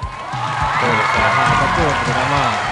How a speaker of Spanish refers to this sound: Sí, estamos al aire y se escuchan los aplausos.